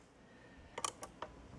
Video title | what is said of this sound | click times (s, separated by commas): Reebok Aerobic Deck - Close Up Views - Stepper and Fitness Bench Review | and do the decline it also does the decline like that push this to lock it | 0.9 s